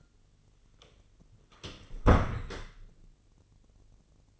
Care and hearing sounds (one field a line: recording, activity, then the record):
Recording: daily activity, microphone in the room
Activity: close door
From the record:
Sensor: 4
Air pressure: 1010.0 hPa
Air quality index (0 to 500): 193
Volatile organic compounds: 3 ppm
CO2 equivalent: 1383 ppm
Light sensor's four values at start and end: 33/81/33/36 and 35/85/35/37